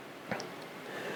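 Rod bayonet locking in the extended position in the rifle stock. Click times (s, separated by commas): 0.3 s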